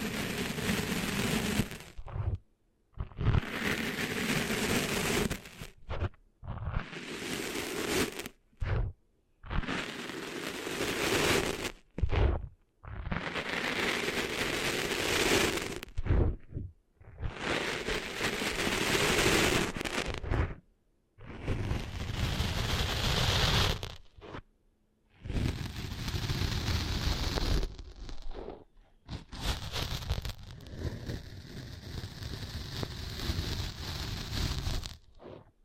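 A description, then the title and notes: Cleaning sand out of ears produces bursts of dense, rough rustling and scraping, each lasting a few seconds and separated by short silent gaps. The bursts run steadily through the whole stretch, with a faint high whine appearing in the later ones. ASMR Cleaning Sand Out of Your Ears (No Talking).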